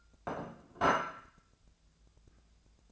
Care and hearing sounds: daily activity, microphone in the room; place plate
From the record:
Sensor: 2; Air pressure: 1000.0 hPa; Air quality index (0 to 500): 134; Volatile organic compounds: 2 ppm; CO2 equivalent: 1142 ppm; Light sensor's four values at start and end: 23/59/25/27 and 22/56/24/26

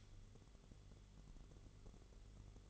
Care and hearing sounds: daily activity, microphone in the room; light on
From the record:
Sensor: 4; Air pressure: 1008.6 hPa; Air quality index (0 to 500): 89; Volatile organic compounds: 1 ppm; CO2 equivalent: 675 ppm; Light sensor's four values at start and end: 13/28/11/11 and 13/31/12/12

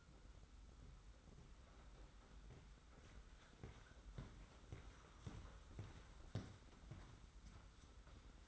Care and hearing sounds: daily activity, microphone in the room; walk to room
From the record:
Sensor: 3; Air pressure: 991.1 hPa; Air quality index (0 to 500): 104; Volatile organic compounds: 39 ppm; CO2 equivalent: 3130 ppm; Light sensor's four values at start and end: 44/123/50/44 and 41/117/47/41

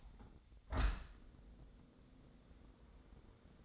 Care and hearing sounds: daily activity, microphone in the room; open window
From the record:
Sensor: 3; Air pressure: 1012.3 hPa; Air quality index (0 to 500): 128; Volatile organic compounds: 2 ppm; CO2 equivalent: 994 ppm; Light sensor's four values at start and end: 176/424/173/159 and 176/421/172/160

